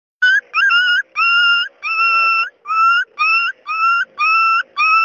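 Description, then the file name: Dog whining: a run of drawn-out, tonal whimpers repeated in bursts with brief gaps. "Dogs Crying"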